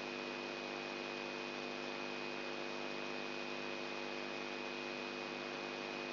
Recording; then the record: brain microelectrode recording played as sound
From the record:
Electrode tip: outside the subthalamic nucleus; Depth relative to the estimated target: -8 mm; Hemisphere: left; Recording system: AlphaMap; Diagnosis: Parkinson's disease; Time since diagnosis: 11 years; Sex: male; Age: 67 years